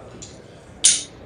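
A round magnet is pressed into the bottom of a 3D-printed plastic chalk holder as a friction fit. After a faint tick at 0.2 s, it snaps into place with a sharp, bright click at 0.9 s that fades quickly. The magnet is seated and holds in the base.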